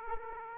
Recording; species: mosquito wingbeat signal from an infrared sensor; Aedes aegypti